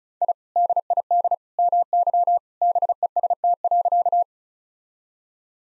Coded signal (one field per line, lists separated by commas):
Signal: Morse code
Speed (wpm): 35 wpm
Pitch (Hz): 700 Hz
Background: none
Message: I DID MY BEST.